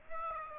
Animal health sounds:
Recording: mosquito wingbeat signal from an infrared sensor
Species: Aedes aegypti

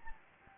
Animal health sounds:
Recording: mosquito wingbeat signal from an infrared sensor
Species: Anopheles gambiae

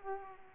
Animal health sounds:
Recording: mosquito wingbeat signal from an infrared sensor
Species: Culex pipiens

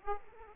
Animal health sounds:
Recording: mosquito wingbeat signal from an infrared sensor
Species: Aedes aegypti

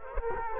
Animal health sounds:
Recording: mosquito wingbeat signal from an infrared sensor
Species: Culex quinquefasciatus

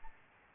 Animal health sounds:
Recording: mosquito wingbeat signal from an infrared sensor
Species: Aedes albopictus

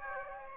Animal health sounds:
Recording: mosquito wingbeat signal from an infrared sensor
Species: Aedes aegypti

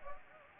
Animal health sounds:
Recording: mosquito wingbeat signal from an infrared sensor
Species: Anopheles arabiensis

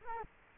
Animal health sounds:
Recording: mosquito wingbeat signal from an infrared sensor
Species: Culex quinquefasciatus

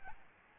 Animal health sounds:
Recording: mosquito wingbeat signal from an infrared sensor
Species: Aedes albopictus

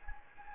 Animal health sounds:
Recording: mosquito wingbeat signal from an infrared sensor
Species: Anopheles gambiae

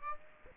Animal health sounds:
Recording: mosquito wingbeat signal from an infrared sensor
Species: Aedes aegypti

